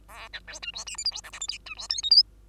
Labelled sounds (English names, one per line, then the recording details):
Bengalese Finch song
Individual Bird2